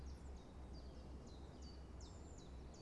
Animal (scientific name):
Phylloscopus collybita